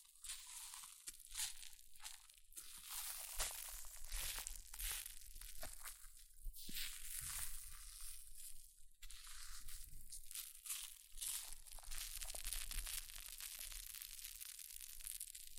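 Hair mousse fizzes and crackles in a dense, bright hiss that runs the whole time, swelling and thinning in uneven waves. Tiny pops and crunchy bursts break through every second or so, with faint low thumps underneath and a brief break near nine seconds.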